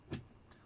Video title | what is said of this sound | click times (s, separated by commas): Intel Arc A750 Unboxing and installing into a NUC 11 Extreme | lovely little firm click firm click cuz look you pull the | 0.1 s